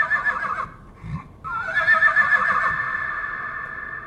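A horse neighs in two bursts: a short, shrill call, a brief pause, then a longer, quavering whinny that wavers in pitch before fading out. A faint low thud sounds between them.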